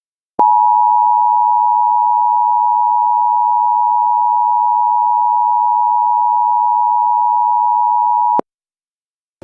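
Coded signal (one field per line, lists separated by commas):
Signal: Emergency Alert System (SAME) tones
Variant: 853 and 960 Hz attention tone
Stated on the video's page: Fictional terror-attack EAS scenario with valid tones, fake and made for entertainment.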